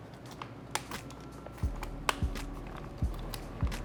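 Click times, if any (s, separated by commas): 0.8 s, 2.1 s, 3.3 s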